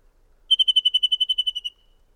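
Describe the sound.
Bird song: one rapid, even trill of about thirteen high, pure notes lasting just over a second, in a quiet background.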